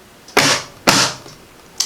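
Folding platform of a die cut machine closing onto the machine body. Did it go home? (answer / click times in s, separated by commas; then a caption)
yes / 1.8 s. The folding platforms of a tabletop die cutting machine are folded up onto the machine body, making two loud, broad rushing knocks at about 0.4 and 0.9 seconds that each fade out over a few tenths of a second. A short, sharp click follows at 1.8 seconds as the folding part latches shut, and the machine is closed.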